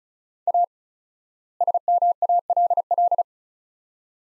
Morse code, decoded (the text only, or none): A SMALL